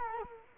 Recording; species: mosquito wingbeat signal from an infrared sensor; Culex quinquefasciatus